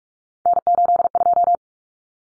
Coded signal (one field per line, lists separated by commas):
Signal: Morse code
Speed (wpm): 44 wpm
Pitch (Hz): 700 Hz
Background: none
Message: N82